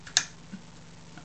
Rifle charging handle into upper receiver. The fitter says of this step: until you kind of hear it lock into the front half of the weapon.